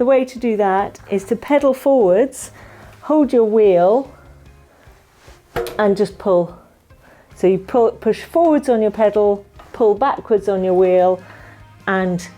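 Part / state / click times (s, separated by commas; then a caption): master link joining the two ends of a bicycle chain / seated / 5.6 s. A master link joining the two ends of a mountain bike chain is seated by pushing forward on the pedal while holding and pulling back on the rear wheel. Someone talks throughout, and the metal link snaps into its locked position with a sharp click at 5.6 seconds.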